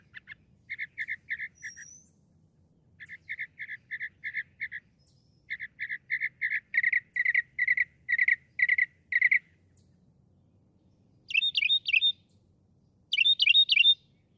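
Northern mockingbird song, long runs of quick repeated chirps in series, later two groups of sharp looping notes.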